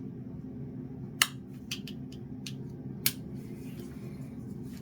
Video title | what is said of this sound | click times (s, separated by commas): Heart Rate Monitor - Powr Labs Bluetooth and ANT+ Heart Rate Monitor | I'm over here, you can hear the snaps. | 1.2 s, 3.1 s